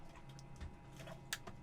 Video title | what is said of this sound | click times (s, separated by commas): Fixing Problems to Sail Across the Caribbean Sea - BOAB 181 | that that little click it's really subtle but there we go that one's torqued let's | 1.3 s